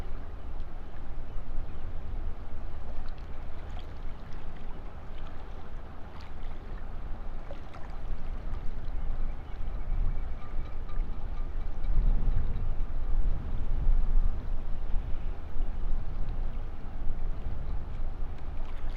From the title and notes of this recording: Soundscenes of a changing tide. The Lento box is recording alone, tied to a cold, stark railing, that descends down the seawall into the water. East of Burnham-on-Crouch, facing due south, across the river, to Wallasea Island on the other side. Heard bobbling, over the many ridged joins that make up the seawall. We made this recording several years ago in August.